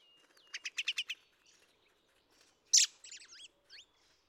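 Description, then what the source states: Red-throated Thrush song: a quick series of five or six high buzzy notes, then a loud burst followed by short whistled, slurred phrases; a faint steady high tone runs underneath. Recorded 25 May 2013 at Ider gol, Mongolia.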